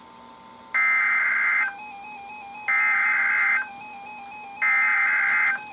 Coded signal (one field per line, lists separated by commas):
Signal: Emergency Alert System (SAME) tones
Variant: header bursts